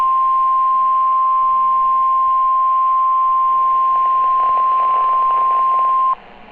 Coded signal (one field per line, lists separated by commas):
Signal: Emergency Alert System (SAME) tones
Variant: 1050 Hz attention tone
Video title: EAS Alerts